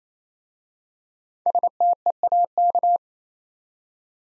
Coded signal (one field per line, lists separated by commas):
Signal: Morse code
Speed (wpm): 27 wpm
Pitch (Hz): 700 Hz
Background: none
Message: STEAK